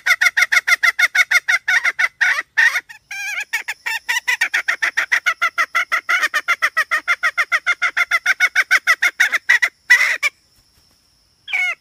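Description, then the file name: Red junglefowl hen cackling: a long, fast, steady series of harsh clucks, briefly broken by wavering notes, ending with a pause and one more squawk. "tieng ga mai rung"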